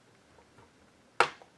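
A long screw is turned counter-clockwise in a plastic screw post of a toy blaster shell, with faint soft ticks from the turning before a single sharp click at 1.2 s as it drops into the start of the existing thread. The click marks the thread aligning and the screw seating, so the screw does not chew up the plastic post.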